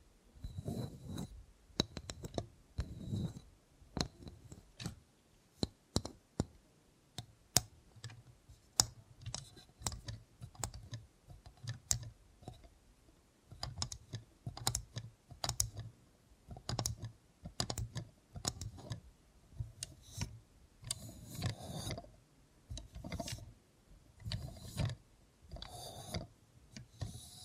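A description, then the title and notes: A robot hand makes ASMR sounds: irregular bursts of tapping and clicking, like quick keyboard typing, with short pauses between flurries. Some clicks are sharp and bright, others duller with a low thump, and a faint low mechanical hum runs underneath through the middle stretch. Try ASMR with a Robot Hand (No Talking).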